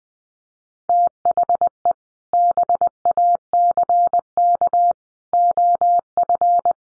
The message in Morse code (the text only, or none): THE BACK OF